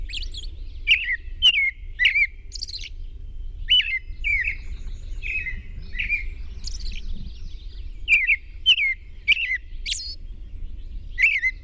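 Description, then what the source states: European robin song: high, twittering phrases with thin downslurred notes, delivered in quick bursts with short pauses, over a low steady rumble. Recorded at dawn on 21 June 2001.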